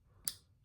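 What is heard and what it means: A small folding knife's blade is folded back into the handle and snaps into its closed detent with a sharp, bright click at 0.3 s. The blade pivots on a washer, so it can stop at any point. The click is followed by a brief high-frequency ring over a quiet background, and the blade is seated closed.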